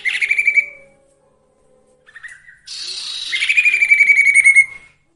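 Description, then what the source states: Sirtu song: a short rapid trill of bright notes, a pause, a few soft chirps, then a long buzzy passage ending in a quick ringing trill. Masteran (training) recording with the full range of song variations, used for training songbirds.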